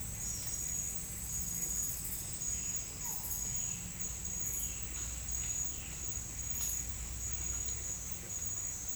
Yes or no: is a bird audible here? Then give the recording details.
no. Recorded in dense forest near Puerto Asís, Putumayo, Colombia, on 19 March 2025 at 09:30. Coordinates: 0.484, -76.317. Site G064